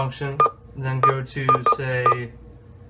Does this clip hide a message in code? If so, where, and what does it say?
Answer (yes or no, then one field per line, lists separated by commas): no